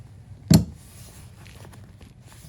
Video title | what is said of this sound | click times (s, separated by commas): HealthPro Premier 3D (Updated Installation Video) | I'll be quiet and you can hear it latch. | 0.5 s